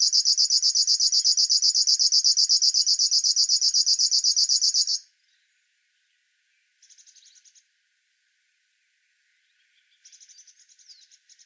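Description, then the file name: River warbler song: a loud, steady, rapidly pulsing mechanical buzz for five seconds, followed by two short, fainter buzzy bursts after a pause. "Schlagschwirl - Locustella fluviatilis"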